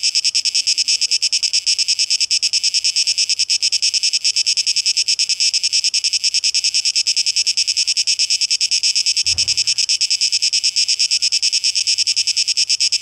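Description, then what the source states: Cicada song, a steady shrill pulsing buzz, interrupted near the end by a short low bump. Recorded 12 August 2023; tape echo mix.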